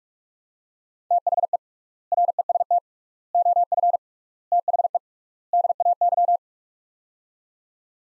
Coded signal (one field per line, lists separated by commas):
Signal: Morse code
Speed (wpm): 46 wpm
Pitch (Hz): 700 Hz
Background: none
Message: THE REST OF THE DAY